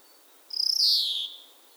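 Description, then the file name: European greenfinch calling once, a stuttered onset running into a drawn-out nasal buzz that dips a little in pitch before fading. "Chloris chloris"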